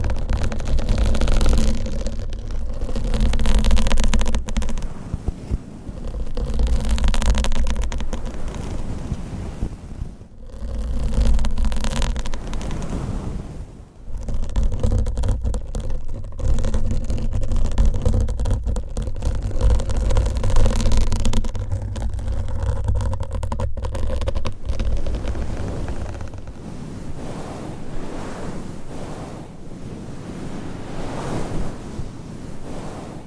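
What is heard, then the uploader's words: Long nails scratch and rub over microphone covers in a continuous, dense rustling with a deep rumbling undertone. The texture swells and thins in waves, with brief near-silent breaks around 10 and 14 seconds, and turns softer and lighter after about 25 seconds. ASMR Mic Scratching & Massage with XXL ULTRA LONG NAILS , Different Mic Covers & Mics No Talking.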